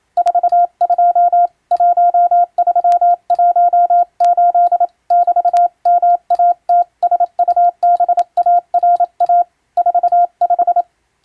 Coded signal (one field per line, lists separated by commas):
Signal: Morse code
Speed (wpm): 27 wpm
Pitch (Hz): 700 Hz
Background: none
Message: 42 1318 <BT>MATSUBARA 45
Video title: 【船舶通信士】懐かしい船舶通信士が打つ欧文無線電報！無線通信士の国家試験の練習です。今でもモールスの実技試験があります。アマチュア無線の受信トレーニングにどうぞ morse code practice